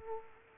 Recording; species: mosquito wingbeat signal from an infrared sensor; Culex quinquefasciatus